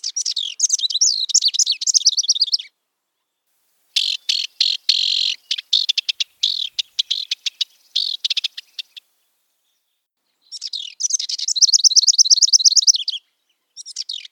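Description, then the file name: House wren song: quick bubbly, warbled phrases with a stretch of rapid ticking, stuttered notes between them, separated by short pauses; no other sounds. "housewren omkicau"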